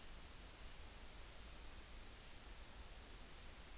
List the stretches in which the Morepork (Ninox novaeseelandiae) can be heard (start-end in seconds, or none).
none